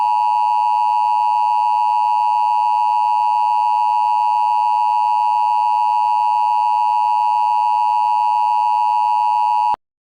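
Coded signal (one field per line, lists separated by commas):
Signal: Emergency Alert System (SAME) tones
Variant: 853 and 960 Hz attention tone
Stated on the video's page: Mock monthly test alert, not a real broadcast.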